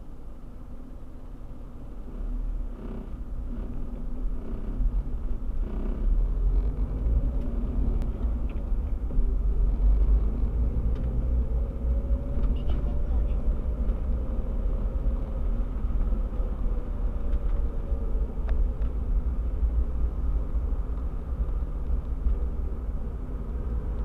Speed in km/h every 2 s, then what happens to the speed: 0, 3, 7, 14, 21, 23, 30, 32, 30, 26, 18, 22.
0-13 pulls away to 32. 13-20 slows to 18.